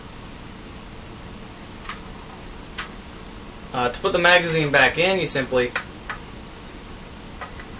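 A magazine is handled as it is about to be pushed back into the magazine well of a KJW M700 airsoft bolt-action rifle, with faint ticks at about 1.9 s, 2.8 s and 6.1 s while someone talks from about 3.7 to 5.8 s. Nothing has seated or clicked into place yet.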